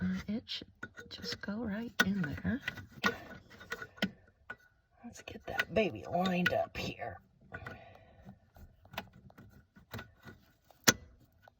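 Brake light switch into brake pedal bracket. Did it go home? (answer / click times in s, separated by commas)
yes / 10.9 s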